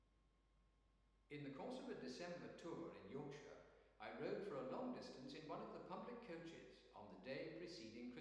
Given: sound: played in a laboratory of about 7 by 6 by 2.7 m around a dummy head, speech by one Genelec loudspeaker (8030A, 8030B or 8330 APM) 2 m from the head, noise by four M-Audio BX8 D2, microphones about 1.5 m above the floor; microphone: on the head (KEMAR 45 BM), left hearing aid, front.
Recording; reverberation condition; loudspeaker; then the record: male speech in English; high; 90 degrees to the left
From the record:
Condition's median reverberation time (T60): about 1300 ms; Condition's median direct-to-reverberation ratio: about -4.0 dB